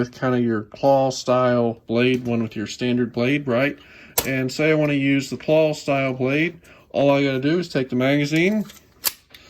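A claw-style blade magazine for a Toughbuilt reload utility knife is pushed into the knife's handle while someone talks. A sharp click is heard at 9.1 s as the magazine snaps in and seats, followed by two fainter ticks.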